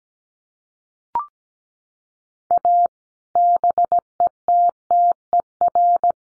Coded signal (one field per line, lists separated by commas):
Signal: Morse code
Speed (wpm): 17 wpm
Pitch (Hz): 700 Hz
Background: none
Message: A BETTER